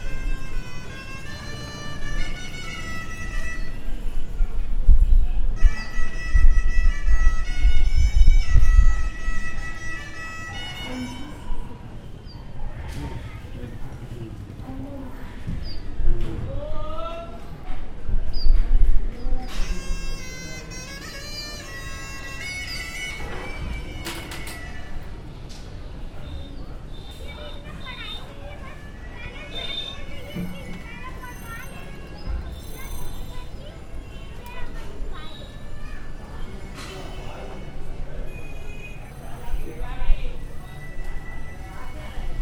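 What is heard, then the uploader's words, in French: A crowded street teems with people, voices overlapping all around. Vehicles rumble through, loudest in the first ten seconds and again near twenty seconds, with a bright repeating horn-like tone early on and scattered clatters, hoof-like clops and animal calls. Bénarès, Vârânasî ou cité de Shiva, une des villes les plus sacrées d’Inde ! Ca grouille de partout, grouille de gens, vélos, rickshaws (triporteurs bruyants), voitures, vaches, chiens, moustiques, singes en ruts, cafards, vendeurs de toutes sortes, rabatteurs,de babas et sâdhus….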